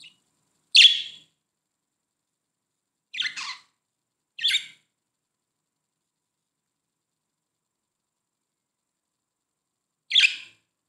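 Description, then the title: Budgerigar calls, four short scratchy chirps at uneven intervals with long silent gaps between them. "Budgie Sounds"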